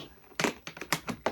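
Plastic latches on the housing of a grey WORKPRO backpack vacuum cleaner are closed by hand, giving a run of sharp snapping clicks. The clicks land at 0.4, 0.9 and 1.3 seconds, with softer snaps between them at about 0.7 and 1.1 seconds, and the housing latches snap shut and seat.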